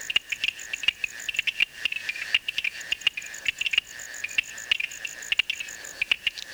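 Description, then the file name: Stonemason toadlet giving dense, irregular clicking taps above a constant high-pitched drone. "Uperoleia lithomoda"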